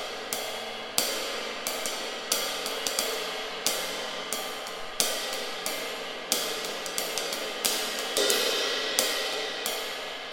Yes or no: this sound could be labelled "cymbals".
yes